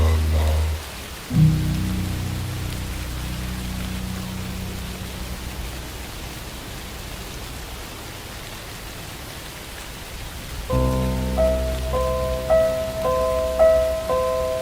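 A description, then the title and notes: Rain hisses steadily across a farm setting throughout. A low droning hum starts near the two-second mark and fades by six seconds, leaving only the rain, then from about eleven seconds a louder pitched drone returns with higher tones shifting in steps. Farm academia atmosphere with rain.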